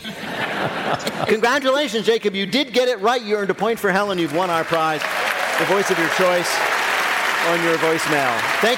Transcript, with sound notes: Congratulations, Jacob. You did get it right. You earned a point for Helen. You've won our prize, the voice of your choice...
(APPLAUSE)
...On your voicemail.